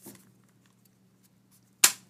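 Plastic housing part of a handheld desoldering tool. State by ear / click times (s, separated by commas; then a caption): seated / 1.8 s. During a US conversion of a Hakko FR-301 handheld desoldering tool, a plastic housing part that was not sitting flat is repositioned and pressed home. After faint handling rustles over a low steady hum, it snaps into place with a single sharp click at 1.9 s. The part is seated, and the gap now closes properly.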